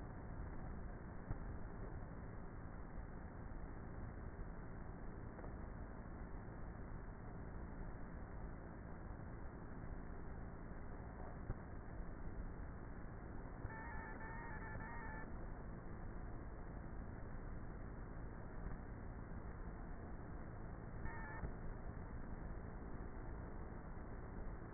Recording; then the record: honeybee colony, microphone inside the hive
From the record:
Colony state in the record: queenless with a low population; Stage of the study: before two queens were removed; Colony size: about 30,000 bees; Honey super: no